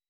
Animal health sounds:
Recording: hydrophone in a shrimp aquaculture tank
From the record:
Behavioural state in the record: weakened

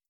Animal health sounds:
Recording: hydrophone in a shrimp aquaculture tank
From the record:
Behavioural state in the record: starved

